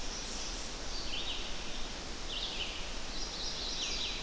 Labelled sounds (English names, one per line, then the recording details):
Red-eyed Vireo song
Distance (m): 75 m
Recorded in boreal forest in Alberta, Canada, on 10 June 2016 at 06:02
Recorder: SongMeter 3, array SBT-3-39
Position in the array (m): 205 m, 113 m